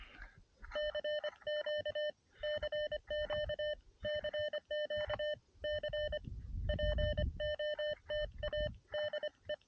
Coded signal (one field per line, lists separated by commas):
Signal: Morse code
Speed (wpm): 25 wpm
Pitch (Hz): 600 Hz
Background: none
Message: CQ CQ CQ C POTA DE